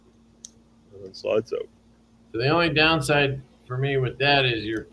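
A replaceable blade in a titanium utility knife, deployed to the kink, is pushed straight down with the button held until it gives a single sharp click at 0.5 s and releases free to slide out. Someone then talks.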